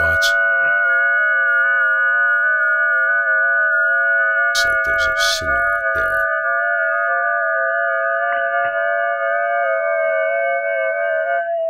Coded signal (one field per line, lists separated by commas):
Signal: FT8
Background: speech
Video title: Getting your Apache Labs Anan Running on FT8!